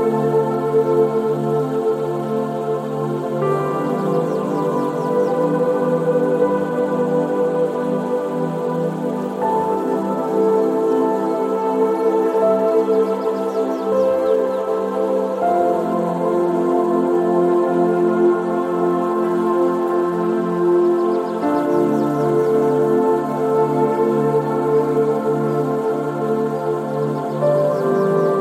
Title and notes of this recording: Gentle Sleep Music with Relaxing Ocean Noises. The gentle sounds of the ocean and distant birdsong, this gentle and relaxing sleep music